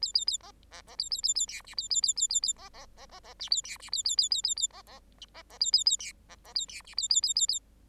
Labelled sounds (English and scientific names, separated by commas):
Bengalese Finch (Lonchura striata domestica) song